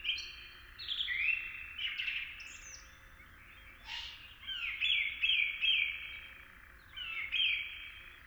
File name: Eurasian Eagle Owl Begging Calls Of Two Fledged Juveniles